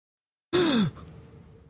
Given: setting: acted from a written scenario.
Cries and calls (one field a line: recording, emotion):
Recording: vocal sound without words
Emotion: awe